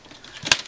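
The metal cover of a 22-inch LTM220M1-L01 LCD panel is pressed back onto the panel frame during a backlight kit install. After faint handling rustle and a small tap just before, a sharp, bright click lands at 0.5 s, and the cover seats in place.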